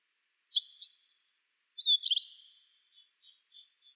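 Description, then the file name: Asian brown flycatcher giving three short bursts of high, thin twitters, the last a fast rattling trill; nothing else audible. "sikatan bubik"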